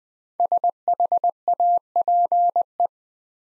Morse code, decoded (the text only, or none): SHAPE